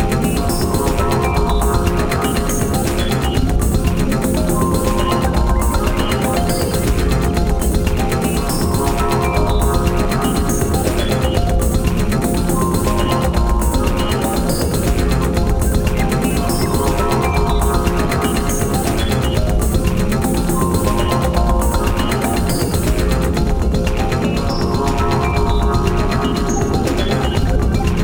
Pericardial friction rub. When inflamed pericardial surfaces rub together, they produce characteristic high-pitched friction noises called rubs.